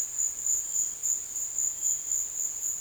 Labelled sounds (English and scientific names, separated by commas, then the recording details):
none
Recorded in dense forest near Puerto Asís, Putumayo, Colombia, on 23 June 2025 at 16:30
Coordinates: 0.484, -76.325
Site H65